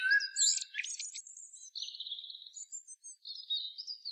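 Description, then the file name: Common blackbird with a brief low fluted note running into rapid high squeaky twittering that trails off in thin chirps. "Turdus merula"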